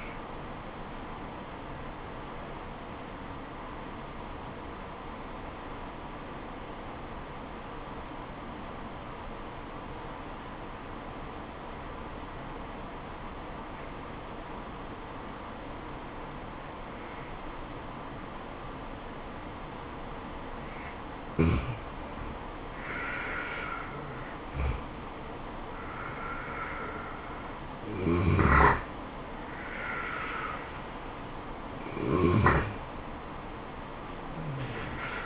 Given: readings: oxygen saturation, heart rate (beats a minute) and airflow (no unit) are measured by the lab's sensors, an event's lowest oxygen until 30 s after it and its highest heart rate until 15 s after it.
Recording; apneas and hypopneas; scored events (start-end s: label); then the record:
breathing in sleep by a voice recorder at the bedside; 1
3.00-23.40 s: obstructive apnea (N2, oxygen 96% highest, then 88% lowest, heart rate 68 at the start, 75 highest)
From the record:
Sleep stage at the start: N2 (light sleep); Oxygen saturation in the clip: 90 to 96%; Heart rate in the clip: 68 to 75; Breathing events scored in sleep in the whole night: 426 in 7.4 hours asleep